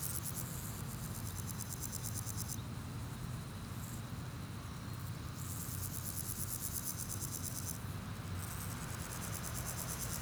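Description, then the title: Grasshopper stridulation in long, high, pulsed buzzes broken by brief pauses, with a steady low drone throughout. Sunny day at Pins Noirs, Chaussée de Tervueren, Auderghem, Brussels, Belgium; recorded with DPA 4060 microphones in AB position into a Zoom F3. "Chaussée de Tervueren, Pins Noirs, Auderghem, Bruxelles-Capitale, 1160, Belgique - Sauterelles - Grasshoppers"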